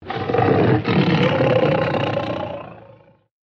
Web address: SFXSource AOS Tiger Growl